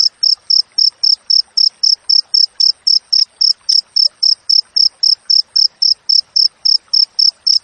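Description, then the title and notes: Cricket producing sharp, high-pitched pulses repeated about three to four times per second without a break, with light ticking noise underneath. Clear, natural cricket chirping with close spacing between chirps, offered as a master recording for training songbirds and for driving away rats. "Masteran Jangkrik Alam Jernih, Jeda Rapat Cocok Untuk Masteran Burung Dan Mengusir Tikus. suara jangkrik"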